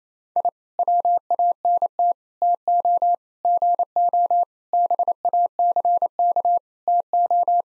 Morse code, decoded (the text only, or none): I WANT TO GO BACK TO